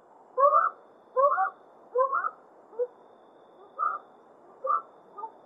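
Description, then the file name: Collared scops owl calls: a series of soft, low hooting notes given about once a second, fading slightly toward the end. "Krik sovy - Oshejnikovaya sovka"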